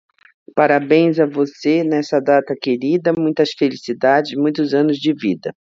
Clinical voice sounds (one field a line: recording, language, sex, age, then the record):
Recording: short text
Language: Brazilian Portuguese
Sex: female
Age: 50 to 59 years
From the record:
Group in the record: control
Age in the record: 54 years